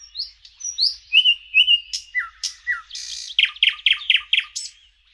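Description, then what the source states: Thrush nightingale song: a few clear whistled notes, then clicks and a rattling burst, ending in a rapid series of loud, repeated strokes. Trills of a summer visitor to Romania, found at forest edges, dense riverside thickets, willow areas and urban parks; sings all day, loudest near midnight, audible from kilometres away.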